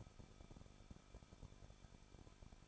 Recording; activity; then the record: daily activity, microphone in the room; no activity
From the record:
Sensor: 5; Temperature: 20.8 degrees Celsius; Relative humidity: 38.4%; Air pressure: 1006.5 hPa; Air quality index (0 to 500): 189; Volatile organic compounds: 20 ppm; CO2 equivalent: 2674 ppm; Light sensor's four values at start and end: 2/3/1/1 and 2/3/1/1